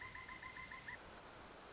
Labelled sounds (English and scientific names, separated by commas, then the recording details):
Pileated Woodpecker (Dryocopus pileatus)
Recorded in Sonoma County, California